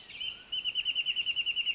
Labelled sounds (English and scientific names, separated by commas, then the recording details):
Mountain Quail (Oreortyx pictus)
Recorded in Sonoma County, California